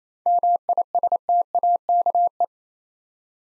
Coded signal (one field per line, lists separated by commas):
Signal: Morse code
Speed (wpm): 27 wpm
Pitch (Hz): 700 Hz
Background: none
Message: MISTAKE